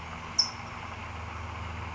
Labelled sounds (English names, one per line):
California Towhee